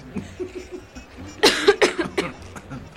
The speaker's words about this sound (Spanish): Perdonen, tengo tos. No, no muero.